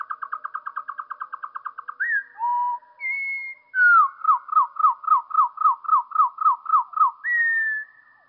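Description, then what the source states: Eurasian wren song, slow and low-pitched, opening with a fast pulsing trill, then drawn-out whistles and a steady series of downward-slurred notes, ending on a long whistle. Song slowed down by two octaves.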